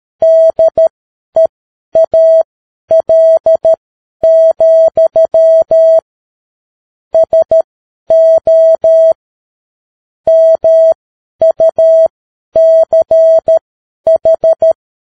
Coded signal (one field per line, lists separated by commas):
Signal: Morse code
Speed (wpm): 13 wpm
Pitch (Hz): 650 Hz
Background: none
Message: DEAL, SO MUCH